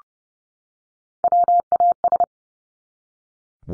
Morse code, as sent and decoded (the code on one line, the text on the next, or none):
.-- .- ...
WAS